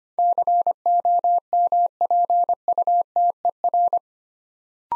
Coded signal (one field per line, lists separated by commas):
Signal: Morse code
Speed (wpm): 25 wpm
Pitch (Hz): 700 Hz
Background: none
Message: COMPUTER